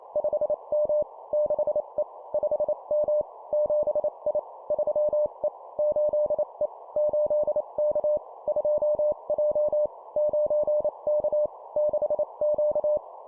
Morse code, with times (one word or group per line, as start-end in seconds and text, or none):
0.2-1.0 5M
1.3-2.0 6E
2.3-3.2 5M
3.5-4.4 7I
4.7-5.5 3E
5.8-6.7 8E
7.0-8.2 8K
8.5-9.9 2J
10.2-11.5 9K
11.8-13.0 6Q